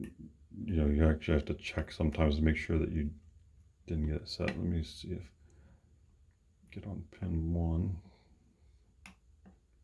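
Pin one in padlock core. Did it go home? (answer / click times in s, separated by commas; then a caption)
yes / 9.1 s. A pick lifts pin one in the core of a Master Lock 410 LOTO padlock while tension is held. Someone talks for most of the clip, then pin one sets with a small, sharp click at 9.1 s. The core still shows counter rotation.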